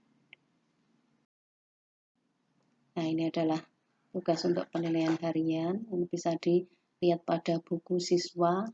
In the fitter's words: objektif dengan cara memutar revolver Sampai bunyi klik